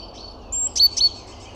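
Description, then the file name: Great tit call: one thin high whistle, then two sharp descending notes trailing into level tones, with soft background hiss. "Parus major"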